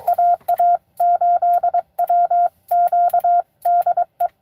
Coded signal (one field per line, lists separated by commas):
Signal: Morse code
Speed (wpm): 22 wpm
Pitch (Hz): 690 Hz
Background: radio noise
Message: AA8WQ DE